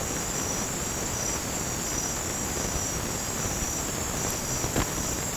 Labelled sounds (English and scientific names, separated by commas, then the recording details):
none
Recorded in dense forest near Puerto Asís, Putumayo, Colombia, on 30 June 2025 at 22:30
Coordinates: 0.503, -76.323
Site G059